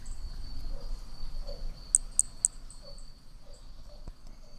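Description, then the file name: Hermogenes's pumpkin toadlet calling, three sharp, very high clicking notes in quick succession near the middle, over a steady high insect-like whine and low background rumble. Individual 3, recorded at Picinguaba, Brazil, on 13 December 2017; one note of the call missing. "MHNCI B hermogenesi Picinguaba ind 3 ex 4 perdeu uma nota 13 dez 2017 MRB"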